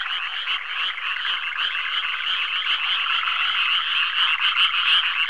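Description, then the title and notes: Frog chorus of rapid, overlapping croaks. "NHK Sound Effects Collection - 3-Frogs, Crickets, Cicadas, Horses, Dogs. NHK効果音集 - 3-カエル・虫・セミ・ウマ・イヌ"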